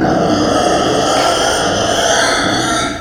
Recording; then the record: squeal of a Yucatan mini pig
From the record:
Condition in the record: before surgery on the right vocal fold (resection and tissue-engineered implant); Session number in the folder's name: 3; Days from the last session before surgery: 0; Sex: female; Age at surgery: 19 weeks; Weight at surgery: 25 kg